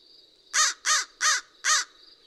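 American crow giving four rough, rasping caws in a steady series, with a thin continuous high-pitched hum behind them.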